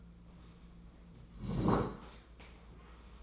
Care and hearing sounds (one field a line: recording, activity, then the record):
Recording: daily activity, microphone in the room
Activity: sit down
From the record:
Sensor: 1